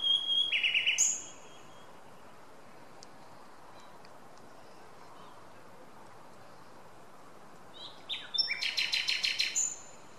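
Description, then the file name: Common nightingale song: a short whistled and rattling phrase at the start, a long pause, then a fresh phrase of rapid repeated clicking notes near the end. "Luscinia megarhynchos"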